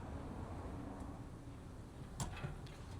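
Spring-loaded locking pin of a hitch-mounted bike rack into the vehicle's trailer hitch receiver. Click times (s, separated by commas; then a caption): 2.2 s. The shank of a hitch-mounted bike rack is slid into a vehicle's metal trailer hitch receiver tube, and when the holes line up its spring-loaded locking pin snaps into the receiver hole. A sharp click is heard at 2.2 s over a steady low rumble, followed by a fainter tick. The pin is seated.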